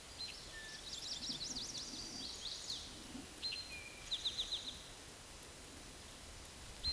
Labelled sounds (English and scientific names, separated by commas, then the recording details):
Eastern Towhee (Pipilo erythrophthalmus) song
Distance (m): 45 m
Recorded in a Pennsylvania forest on 17 May 2023 at 12:10
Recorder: AudioMoth, point grid1_36_low
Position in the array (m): 116 m, 213 m